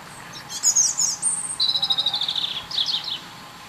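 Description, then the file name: European robin singing a high, sparkling trill followed by a fast sequence of warbled, wavering notes. "Erithacus rubecula"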